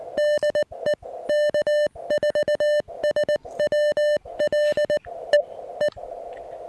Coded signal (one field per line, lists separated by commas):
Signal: Morse code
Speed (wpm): 19 wpm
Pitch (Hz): 1800 Hz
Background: music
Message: DE K4SWL E E